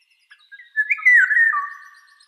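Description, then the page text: Eurasian golden oriole song, a few soft introductory notes leading into a full, fluting, slurred whistle that ends on a lower tone. "Иволга обыкновенная (Oriolus oriolus) - Пение"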